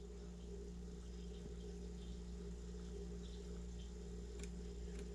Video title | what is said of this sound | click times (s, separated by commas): Basic Measurements | it goes it clicks I'm gonna lock it | 4.4 s